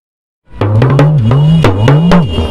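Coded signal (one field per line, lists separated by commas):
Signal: talking drum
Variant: Yoruba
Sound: resonant low drum tone gliding up and down pitch, with about nine sharp strokes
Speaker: Hamid Oegbade reports on how some talking drummers are promoting the Yoruba rich culture.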